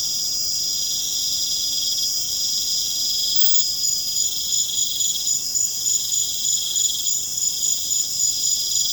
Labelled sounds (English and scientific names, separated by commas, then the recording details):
none
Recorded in pastures near Puerto Asís, Putumayo, Colombia, on 29 June 2025 at 21:30
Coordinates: 0.472, -76.331
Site G095